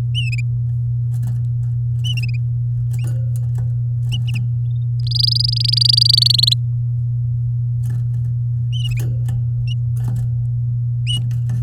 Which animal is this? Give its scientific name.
Serinus canaria